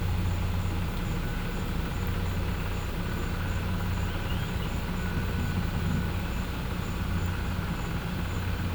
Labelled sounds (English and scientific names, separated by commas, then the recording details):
none
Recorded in pastures near Puerto Asís, Putumayo, Colombia, on 21 December 2024 at 16:30
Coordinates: 0.505, -76.324
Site G063